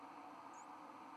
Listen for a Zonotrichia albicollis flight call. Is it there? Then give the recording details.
no. Another species' flight call is heard. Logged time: 01:08 on 31 October 2014